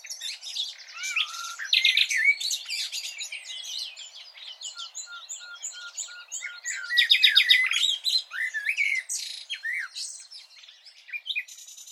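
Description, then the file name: Common nightingale singing a long varied sequence of rich chirps, rising slurs, quiet piping notes and loud rattling bursts, with sharp notes in between. "Luscinia megarhynchos"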